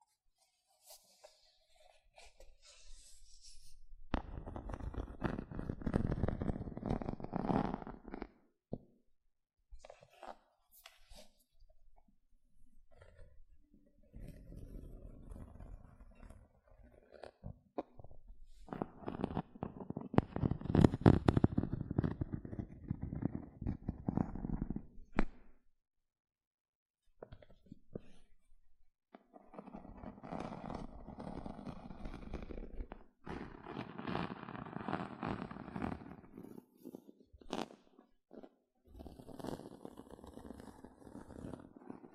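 Gentle scratching comes in bursts of a few seconds each, around 4–8, 13–17, 19–25, and 29–38 seconds, with short quiet gaps between them. The rasping is dense and fine-grained, mostly soft and low-to-mid toned, with slightly brighter, louder passages near 6 and 21 seconds.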